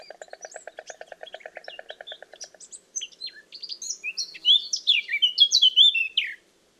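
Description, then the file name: Eurasian blackcap song, an energetic tumbling warble of whistled and scratchy notes, preceded by a steady rapid pulsing sound for about two and a half seconds. "Sylvia atricapilla"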